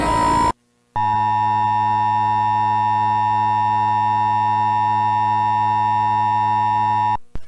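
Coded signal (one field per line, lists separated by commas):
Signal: Emergency Alert System (SAME) tones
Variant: 853 and 960 Hz attention tone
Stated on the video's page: Fictional EAS scenario based on Half-Life 2's Seven Hour War, heard as if on a TV left on.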